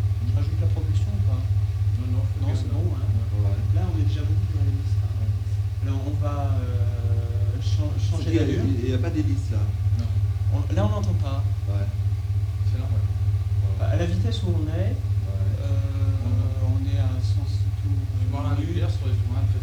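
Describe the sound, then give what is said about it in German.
Submarine turbines running together with electric motors, with the auxiliary motor and propulsion drive switched off, make a steady, deep mechanical drone that holds constant throughout, while a voice talks over the continuous low hum. “Jetzt wieder die Turbinen.”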